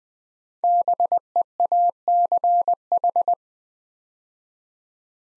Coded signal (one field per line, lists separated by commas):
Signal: Morse code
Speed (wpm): 20 wpm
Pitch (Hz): 700 Hz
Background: none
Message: BEACH